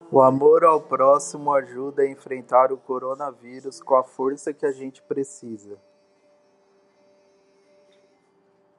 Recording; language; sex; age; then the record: spoken sentence; Brazilian Portuguese; male; 30 to 39 years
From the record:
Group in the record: control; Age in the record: 37 years